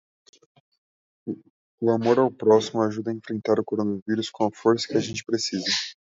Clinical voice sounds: spoken sentence; Brazilian Portuguese; male; 20 to 29 years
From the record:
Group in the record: control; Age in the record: 24 years

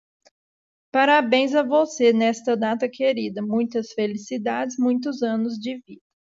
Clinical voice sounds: short text; Brazilian Portuguese; female; 20 to 29 years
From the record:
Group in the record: control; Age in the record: 20 years

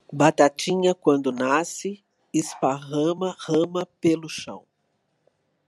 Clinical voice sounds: short text; Brazilian Portuguese; female; 60 to 69 years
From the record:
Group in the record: control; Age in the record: 63 years

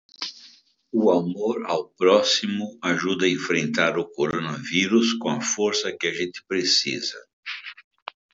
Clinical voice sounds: spoken sentence; Brazilian Portuguese; male; 70 to 79 years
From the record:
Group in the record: control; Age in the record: 71 years

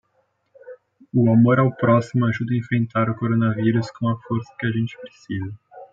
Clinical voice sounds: spoken sentence; Brazilian Portuguese; male; 20 to 29 years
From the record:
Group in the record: control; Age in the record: 24 years

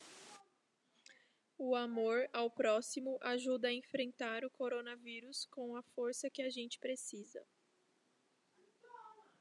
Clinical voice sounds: spoken sentence; Brazilian Portuguese; female; 20 to 29 years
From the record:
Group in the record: control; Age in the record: 26 years

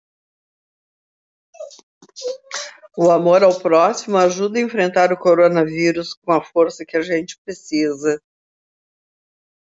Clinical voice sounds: spoken sentence; Brazilian Portuguese; female; 70 to 79 years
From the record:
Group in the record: control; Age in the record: 70 years

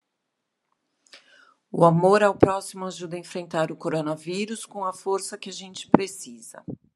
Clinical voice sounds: spoken sentence; Brazilian Portuguese; female; 50 to 59 years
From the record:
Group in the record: control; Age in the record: 52 years

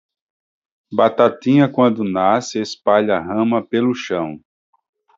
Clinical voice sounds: short text; Brazilian Portuguese; male; 50 to 59 years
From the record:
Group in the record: control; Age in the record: 51 years

